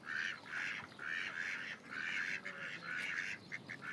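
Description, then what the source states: Duck quacking in a series of loud, rasping bursts. Ducks at Lagoa das Furnas; binaural.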